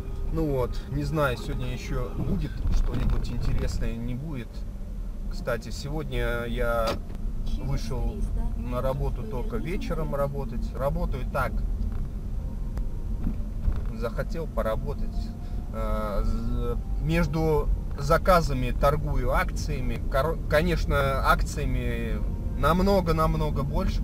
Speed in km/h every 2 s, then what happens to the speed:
21, 19, 21, 23, 25, 23, 22, 25, 29, 32, 34, 34.
0-12 steady at about 22. 12-18 speeds up to 32. 18-24 steady at about 34.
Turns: none.